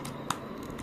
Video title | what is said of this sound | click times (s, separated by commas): Redgear Cosmo 7.1 , JBL Quantum 300 7.1 , Cosmic Byte Oberon Wireless & G2050 7.1 Headphones Reviews | You'll hear the click sound. | 0.3 s